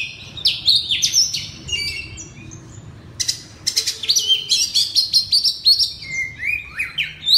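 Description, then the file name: Oriental magpie-robin song: bright whistled phrases and scratchy trills, a short lull near the middle, then rapid loud notes with rising and falling slurs. Loud, open-voiced singing style called ngeplong keras. "suara kacer ngeplong keras"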